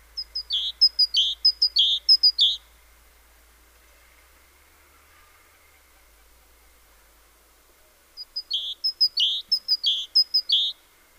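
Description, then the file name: Great tit singing two bursts of ringing two-note phrases, high then lower, each burst two to three seconds long with a quiet gap of several seconds between. "Parus major"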